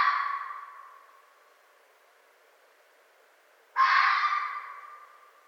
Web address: Red Fox 2011 05 04 Red Fox long